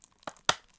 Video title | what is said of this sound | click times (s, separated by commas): Reviewing My Quest 3 Accessories | click until you hear a click push until you hear a click and then at the bottom | 0.5 s